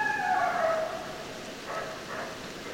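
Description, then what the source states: Coyote howl tailing off, a falling drawn-out note that fades, followed by soft fainter calls. Coyotes, more than one, recorded on 10 December 2012.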